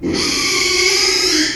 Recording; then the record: squeal of a Yucatan mini pig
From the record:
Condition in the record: after surgery on the right vocal fold (resection and tissue-engineered implant); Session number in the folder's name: 2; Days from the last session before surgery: 13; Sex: male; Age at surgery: 12 weeks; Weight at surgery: 13 kg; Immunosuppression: cyclosporine, prednisolone